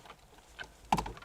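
A plastic cover plate is pressed back onto a Porsche's rear-view mirror mount, where its clips snap in to hold it in place. A quiet rustle comes first, then a sharp click at 0.9 s followed by a few softer ticks in the next quarter second. The cover plate is seated.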